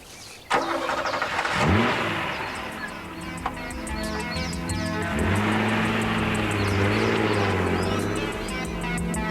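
A car engine turns over with a sudden burst and catches, revs briefly, then settles into a loud, steady drone whose pitch climbs as the car pulls away and accelerates.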